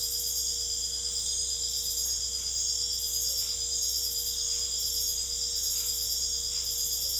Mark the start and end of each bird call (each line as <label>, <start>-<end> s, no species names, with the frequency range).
bird call (1.1-3.4 kHz), 3.39-3.66 s